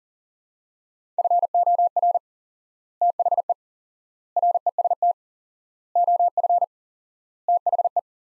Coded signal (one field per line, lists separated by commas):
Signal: Morse code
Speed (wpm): 40 wpm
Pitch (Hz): 700 Hz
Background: none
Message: FOR THE REST OF THE